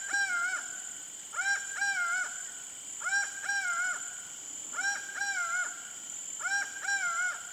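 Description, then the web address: Laughing falcon calling in loud paired notes, each a rising then level nasal wail, the pairs repeated steadily, with a steady high insect whine behind. Pantanal, Brazil. "sescpantanal Acaua"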